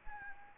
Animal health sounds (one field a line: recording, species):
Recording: mosquito wingbeat signal from an infrared sensor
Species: Anopheles gambiae